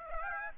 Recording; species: mosquito wingbeat signal from an infrared sensor; Aedes aegypti